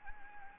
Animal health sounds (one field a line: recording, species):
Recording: mosquito wingbeat signal from an infrared sensor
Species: Anopheles gambiae